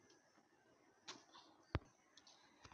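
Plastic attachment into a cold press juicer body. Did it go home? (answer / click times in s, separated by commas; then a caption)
yes / 1.8 s. A plastic smoothie/juice attachment is fitted onto a cold press juicer body and turned until it locks in place. A sharp click at 1.8 s marks the lock, with softer plastic knocks at about 1.1, 2.2 and 2.7 s. Someone talks.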